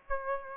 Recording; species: mosquito wingbeat signal from an infrared sensor; Aedes albopictus